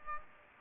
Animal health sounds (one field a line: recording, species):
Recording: mosquito wingbeat signal from an infrared sensor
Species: Aedes aegypti